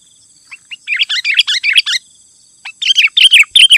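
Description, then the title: Sooty-headed bulbul singing, with a couple of lone notes leading into a fast series of lively, bouncing chirps, a brief pause, then more bright phrases. "kutilang"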